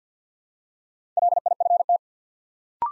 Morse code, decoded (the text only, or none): LIFT